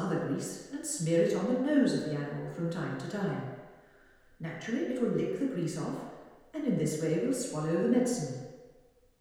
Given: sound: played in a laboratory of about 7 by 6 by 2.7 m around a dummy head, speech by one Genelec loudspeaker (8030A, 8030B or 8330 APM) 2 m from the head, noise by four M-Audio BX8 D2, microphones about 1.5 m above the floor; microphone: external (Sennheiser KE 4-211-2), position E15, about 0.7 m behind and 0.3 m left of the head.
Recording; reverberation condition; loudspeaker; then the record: female speech in English; high; 90 degrees to the right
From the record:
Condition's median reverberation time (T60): about 1300 ms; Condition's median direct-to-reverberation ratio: about -4.0 dB